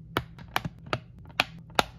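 Curved plastic jigsaw pieces of a 3D puzzle vase are pressed one after another into adjoining pieces. Each one gives a sharp plastic snap, at 0.2, 0.6, 0.9, 1.4 and 1.8 seconds, with a faint tick at 0.7 seconds. Each piece seats into place.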